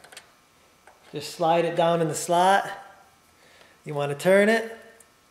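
A Hyperikon T8 LED tube is being installed into the lampholders of a fluorescent fixture, with its pins slid down into the slots before the tube is turned to snap into the sockets on both ends. Someone talks over a few faint short ticks near 0.1, 0.2, 0.9 and 5.0 seconds. Nothing has seated or clicked yet.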